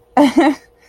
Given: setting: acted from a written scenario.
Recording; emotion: vocal sound without words; elation